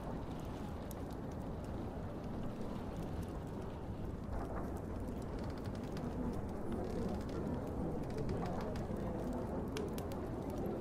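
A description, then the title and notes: A steady low rumble of a train runs through the whole stretch, heavy in the low end and even in level. Scattered sharp crackles and clicks pop up throughout, with a murmur of background voices faintly mixed in, around the middle and near the end. Hanging out with Loki & Sylvie in a Bar Ambience // ASMR. This audio features soundbites of sylvie and loki softly speaking, as well as faint train noises, crackling and background speaking noise.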